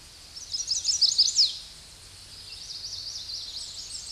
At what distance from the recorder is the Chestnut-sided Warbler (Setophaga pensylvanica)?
about 25 m